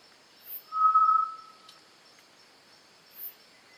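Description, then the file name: Solitary tinamou song: a single clear, steady low whistle lasting about a second that fades out, with brief high-pitched chirps before and after. "macuco"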